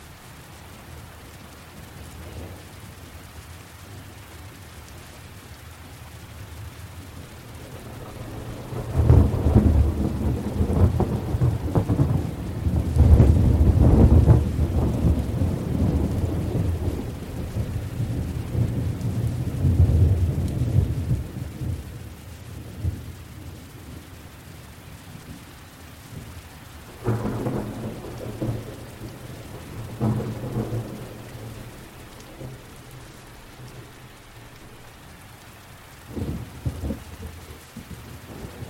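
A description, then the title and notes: A gentle thunderstorm, with rain hissing steadily in the background throughout. A long, low rumble of thunder rolls in around nine seconds and swells for about fifteen seconds before fading, then shorter, softer rumbles return near twenty-seven and thirty-six seconds. Sleep to the sound of a gentle Thunder Storm with this White Noise track.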